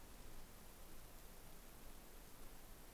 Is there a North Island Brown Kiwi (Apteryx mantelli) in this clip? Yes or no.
no